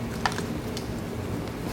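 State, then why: Not seated. A BAVSOUND Stage One tweeter is handled against its plastic trim mount during a speaker upgrade on a 2010–2015 BMW E84 X1. Brief handling ticks are heard at about 0.3, 0.4, 0.8 and 1.7 s over a low, steady background. Nothing has seated or clicked yet; the tweeter is not yet home in the mount.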